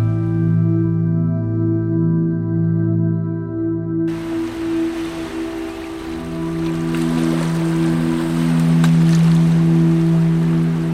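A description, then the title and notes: Soft, slow music of low sustained tones swells and fades in gentle pulses throughout. Around four seconds a steady hiss of sea waves rises in beneath it and continues to the end, washing in and out. Relaxing sea waves sounds with 432 Hz sleeping music for deep sleeping.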